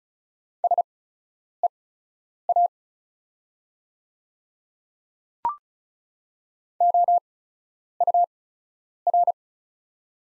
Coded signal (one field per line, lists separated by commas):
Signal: Morse code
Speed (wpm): 34 wpm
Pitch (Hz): 700 Hz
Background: none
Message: SEA OUR